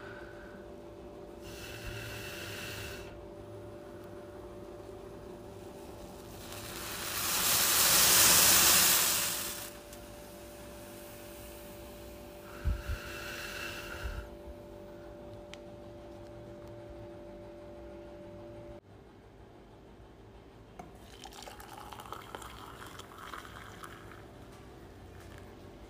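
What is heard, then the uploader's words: Chai being made: a steady low rumble with a faint tone runs throughout, like a burner heating a pot. Bursts of hissing sound around 2, 8 and 13 seconds, the loudest near 8 seconds, with a few soft clinks and a gentler hiss near the end. Making chai.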